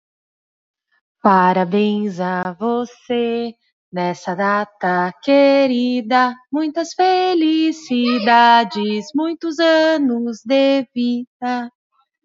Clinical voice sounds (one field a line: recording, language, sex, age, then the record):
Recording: short text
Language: Brazilian Portuguese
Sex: female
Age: 40 to 49 years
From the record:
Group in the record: control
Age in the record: 43 years